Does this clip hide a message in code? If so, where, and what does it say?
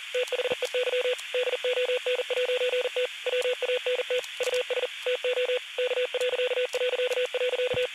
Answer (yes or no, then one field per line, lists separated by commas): yes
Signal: Morse code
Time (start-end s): 0.1-7.9 s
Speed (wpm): 40 wpm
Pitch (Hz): 500 Hz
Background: radio noise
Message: THEY DON'T WANT US TO K...